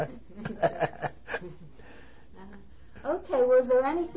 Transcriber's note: they laugh